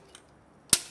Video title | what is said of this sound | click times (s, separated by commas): The 4WD Shed - Toyota 80 / 100 Series Part Time 4WD Kit Installation Video | Okay, he's snapped into place. | 0.7 s